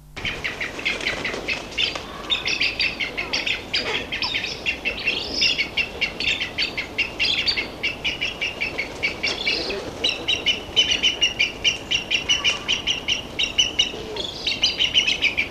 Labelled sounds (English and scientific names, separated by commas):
Black-headed Ibis (Threskiornis melanocephalus) call